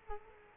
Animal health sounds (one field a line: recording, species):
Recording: mosquito wingbeat signal from an infrared sensor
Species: Culex quinquefasciatus